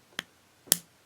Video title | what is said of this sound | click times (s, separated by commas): The Quasar RDA | just like so watch it it'll click in a place you'll hear it snap and that's one of those O-rings | 0.2 s, 0.7 s